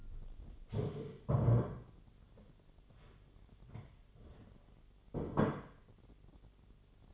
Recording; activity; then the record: daily activity, microphone in the room; stand up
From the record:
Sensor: 4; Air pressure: 1008.6 hPa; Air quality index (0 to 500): 171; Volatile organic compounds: 5 ppm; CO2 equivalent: 1712 ppm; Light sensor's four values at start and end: 23/72/27/26 and 23/72/27/26